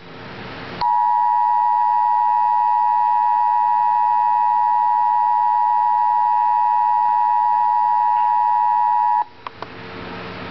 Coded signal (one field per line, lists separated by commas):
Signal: Emergency Alert System (SAME) tones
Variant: 853 and 960 Hz attention tone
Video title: Real EAS Alert #26 - Flash Flood Warning